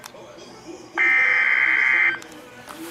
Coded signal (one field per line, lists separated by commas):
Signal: Emergency Alert System (SAME) tones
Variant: header bursts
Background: speech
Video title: EAS Alert #326 (SVR)